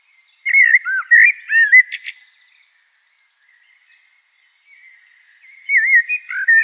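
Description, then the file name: Eurasian blackbird singing fluted, warbling phrases around mid pitch in two bursts, a quiet pause between them, with faint higher twitters. "Turdus merula"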